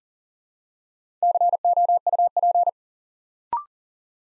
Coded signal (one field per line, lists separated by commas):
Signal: Morse code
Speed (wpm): 42 wpm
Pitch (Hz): 700 Hz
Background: none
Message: COUP